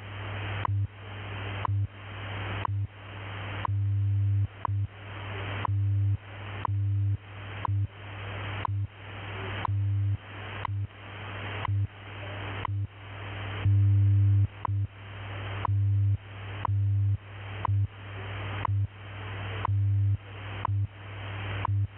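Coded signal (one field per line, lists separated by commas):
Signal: radio time signal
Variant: WWV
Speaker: At the tone, 16 hours, 3 minutes, Coordinated Universal Time.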